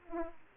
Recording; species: mosquito wingbeat signal from an infrared sensor; Aedes aegypti